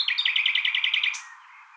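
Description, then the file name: Common nightingale song phrase, a rapid series of about ten loud chopped notes repeated evenly, ending in a high buzzy flourish that fades. "Luscinia megarhynchos"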